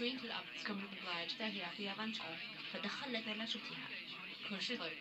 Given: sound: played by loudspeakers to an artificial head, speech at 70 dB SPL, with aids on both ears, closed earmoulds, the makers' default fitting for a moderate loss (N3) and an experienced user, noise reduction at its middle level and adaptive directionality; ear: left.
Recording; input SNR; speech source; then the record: speech test signal (ISTS) in cocktail-party noise; +9 dB; on the right (90 degrees)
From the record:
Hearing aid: class 1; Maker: D